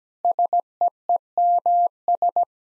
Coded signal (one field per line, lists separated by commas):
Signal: Morse code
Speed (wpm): 17 wpm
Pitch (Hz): 700 Hz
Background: none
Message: SEEMS